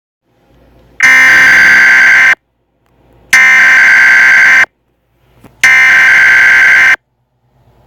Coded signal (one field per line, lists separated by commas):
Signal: Emergency Alert System (SAME) tones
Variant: header bursts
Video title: San Andreas EAS Alert system test 7/24/18